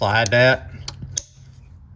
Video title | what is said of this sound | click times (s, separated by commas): HOW TO / Transmission Shifter / Shift cable repair on a Ford F150 F250 F350 Don't buy a new cable | You hear it snap. | 1.2 s